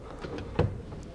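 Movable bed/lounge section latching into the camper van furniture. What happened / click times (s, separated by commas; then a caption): The lowered furniture section latched into place / 0.6 s. The movable bed/lounge section inside a 2022 Kabe Affinity camper van, 6.40 m long, is lowered and latches into the furniture. A soft knock comes at about 0.4 s, then a short, sharp click at 0.6 s as the section locks firmly into place.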